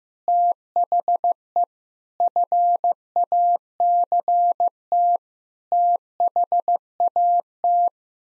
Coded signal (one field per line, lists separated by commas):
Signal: Morse code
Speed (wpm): 15 wpm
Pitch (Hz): 700 Hz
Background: none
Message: THE FACT THAT